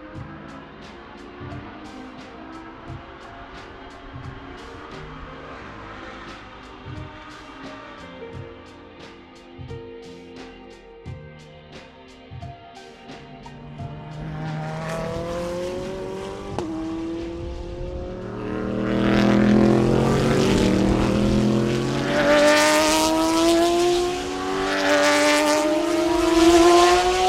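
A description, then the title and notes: Racing engine sounds, low and fairly steady for the first fifteen seconds, with short clicks and thumps scattered through. After about fifteen seconds the engines grow louder and brighter, with rising and falling whines as cars rev and sweep past, loudest toward the end. Sounds of Rolex 24 At Daytona Qualifying. It's an ambient racing audio feature captured during qualifying for January's Rolex 24 At Daytona where IMSA's GT Daytona, GT Le Mans, and DPi/LMP2 classes hit the track for individual sessions.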